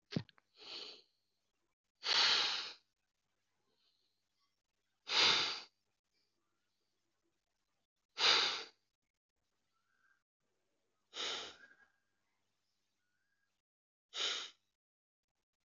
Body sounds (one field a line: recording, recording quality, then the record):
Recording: deep breathing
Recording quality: excellent, no background noise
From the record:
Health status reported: healthy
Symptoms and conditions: cold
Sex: male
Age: 37 years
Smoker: yes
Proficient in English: yes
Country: India